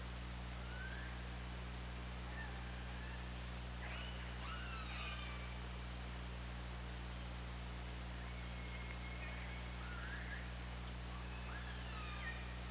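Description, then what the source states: Killer whale calls: several whistled and pulsed tones, some rising and falling, others bending sharply, scattered through underwater hiss with a steady low hum. Hydrophone at OrcaLab, 24 August 2017, 20:45:57.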